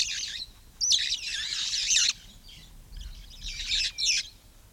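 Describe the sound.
Red-fronted parrot long harsh screeching calls with a wavering, raspy texture, one extended phrase followed by shorter grating bursts.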